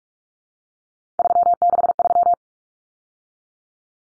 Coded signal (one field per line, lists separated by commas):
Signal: Morse code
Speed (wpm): 44 wpm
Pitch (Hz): 700 Hz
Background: none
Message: 363